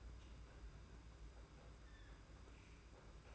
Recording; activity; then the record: daily activity, microphone in the room; open fridge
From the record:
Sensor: 2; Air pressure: 991.7 hPa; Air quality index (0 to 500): 221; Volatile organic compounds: 1000 ppm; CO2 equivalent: 7387 ppm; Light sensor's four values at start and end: 25/80/31/29 and 25/80/31/29